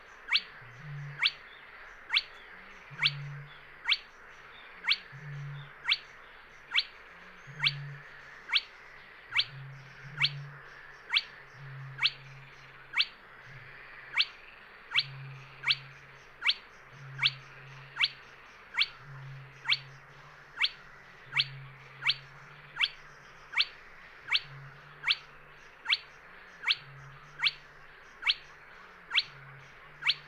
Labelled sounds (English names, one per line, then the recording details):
Spotted Crake
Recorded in the wild
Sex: male
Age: adult
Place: Kützerhof, Kummerower See, Mecklenburg-Vorpommern, DE
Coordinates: 53.8503, 12.8789
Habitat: wetland
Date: 2008-06-10
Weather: ca. 15°C, fast windstill
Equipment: Sound Devices 702, Sennheiser MKH 70, Windkorb
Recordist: Frommolt, Karl-Heinz
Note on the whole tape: Wiedervernässungsfläche Polder Große Rosin, an Straße von Kützerhof nach Aalbude in Höhe der 2. Bank, südlich des Dammes: Rufe eines Tüpfelsumpfhuhns. Bei ca. 4 min Rufe eines zweiten Tieres (Weibchen?). Entfernung ca. 10 m. Sehr gute Aufnahmequalität